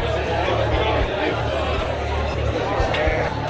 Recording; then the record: background sound without coughing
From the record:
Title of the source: CITY SOUNDS Busy Bar in the Evening Night - 2 HOURS of Ambiance for Relaxation